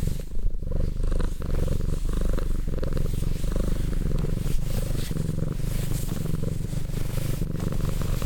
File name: Cat Purr